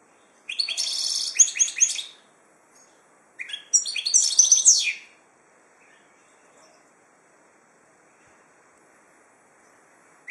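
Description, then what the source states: Finch song: two rapid, high, jangling trilled phrases early on, followed by quiet with only faint scattered chips. Labelled 'drunk'; Ilam.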